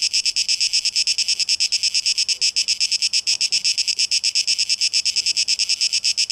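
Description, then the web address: Cicadas buzz in a high, rasping drone that throbs in rapid beats throughout. Recorded 12 August 2023; tape echo mix. "rauschpartikel Audio 2023-08-12 Zikaden (Tape Echo Mix)"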